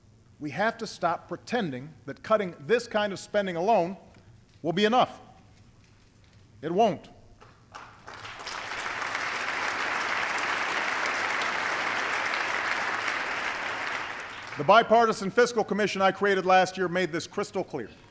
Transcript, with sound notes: we have to stop pretending that cutting this kind of spending alone will be enough. It won’t. (Applause.) The bipartisan fiscal commission I created last year made this crystal clear.